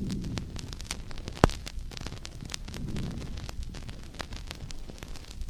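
Soft, low rustling breath noise rises and falls gently, with swells roughly every three seconds, under scattered clicks and a single sharp knock. These are normal vesicular breath sounds, the usual soft breathing heard over healthy lung in an adult.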